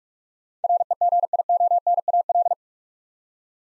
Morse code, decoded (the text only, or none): REGIONAL